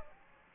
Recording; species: mosquito wingbeat signal from an infrared sensor; Aedes aegypti